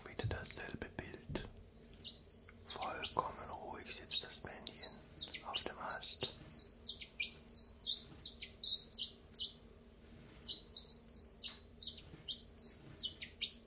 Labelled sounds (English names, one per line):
Common Chiffchaff